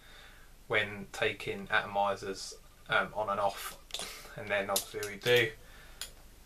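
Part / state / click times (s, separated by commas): sliding lock on a mechanical box mod / seated / 6.0 s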